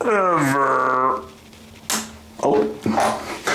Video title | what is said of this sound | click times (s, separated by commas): Teaching my Toddler How to Replace a Shower Head | I heard a click. That might not have been good. | 1.9 s